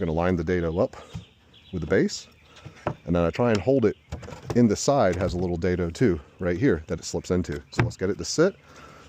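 An RTA cabinet panel is lined up with the glued dado in the base and slipped toward the small dado in the side of the knockdown joint while someone talks. Nothing has seated or snapped in yet.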